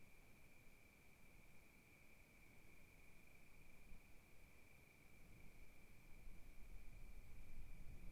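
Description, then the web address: Crickets trilling in a steady, unbroken high-pitched drone throughout, over a low, rumbling wind that swells toward the end. Wilderness crickets at night at Kiger Lookout, Oregon, recorded in 2015 with gentle wind gusts. "Sonniss com - GDC 2018-Game Audio Bundle Discover Oregon - Wilderness Crickets Crickets 2015 Kiger Lookout Night Crickets Gusts Gentle"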